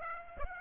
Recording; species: mosquito wingbeat signal from an infrared sensor; Aedes aegypti